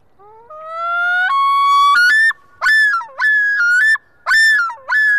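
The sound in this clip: Loon calling with a long rising wail that climbs in steps, then breaks into repeated loud, ringing two-part phrases, with no other sounds.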